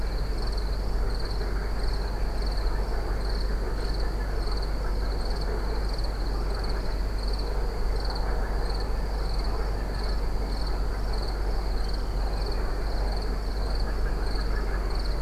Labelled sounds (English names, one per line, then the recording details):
Water Rail
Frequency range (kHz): Water Rail 2.6-3.4 kHz
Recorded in France